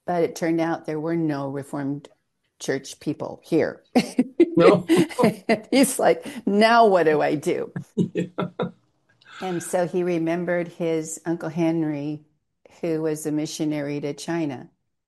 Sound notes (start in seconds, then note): 4.4 laughs; 7.8 laughs